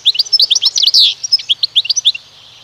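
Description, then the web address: European goldfinch singing a rapid run of liquid, jingling notes with a brief buzzy trill in the middle, ending in quick chirps before falling quiet. "Przyroda Ptaki Szczygieł"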